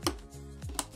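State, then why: Seated. A DDR memory stick is pressed evenly with both thumbs into a motherboard DIMM slot until the plastic retention tabs at each end snap shut. Two sharp, short clicks are heard at 0.1 s and 0.8 s, with a softer sound at 0.6 s, over a low background hum. The RAM module is seated, with both end latches closed.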